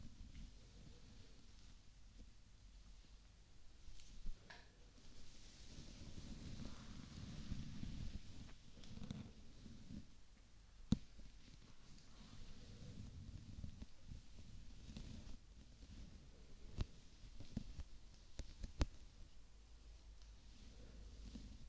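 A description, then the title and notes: Hair brushing and scalp scratching make a soft, dense rustle that runs throughout, dominated by low muffled rubbing that swells and eases between about 5 and 15 seconds. Occasional sharp clicks and taps break through, notably near 11, 17 and 19 seconds. ASMR Relaxing Hair Brushing, Scalp Scratching/Treatment and Massage.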